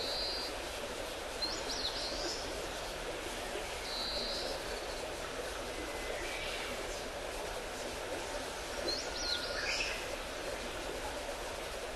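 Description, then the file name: Eastern crowned warbler song: short high buzzy phrases repeated every few seconds, some ending in a slur, over a steady loud rushing background noise. "crowned willow warbler"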